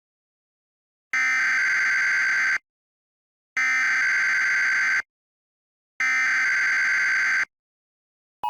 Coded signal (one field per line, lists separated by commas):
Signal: Emergency Alert System (SAME) tones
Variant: header bursts